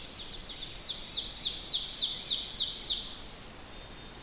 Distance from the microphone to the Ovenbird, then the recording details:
about 35 m. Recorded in boreal forest in Alberta, Canada, on 6 June 2016 at 08:40. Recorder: SongMeter 3, array SBT-3-51. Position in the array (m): 227 m, 183 m. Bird 28